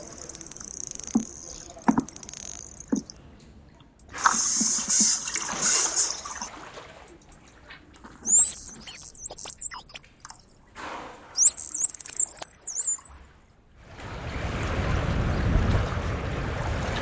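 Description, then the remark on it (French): Underwater animal sounds: a few sharp isolated clicks, then dense buzzing burst pulses, then high warbling whistles that sweep up and down, ending in a low, steady watery rumble. “Donc trois catégories, les clics, les sons plus en rafale et les sifflements.”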